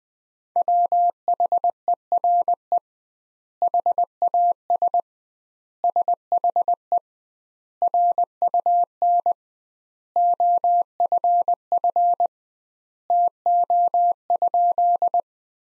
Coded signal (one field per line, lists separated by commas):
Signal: Morse code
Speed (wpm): 20 wpm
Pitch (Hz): 700 Hz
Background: none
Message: WHERE HAS SHE RUN OFF TO?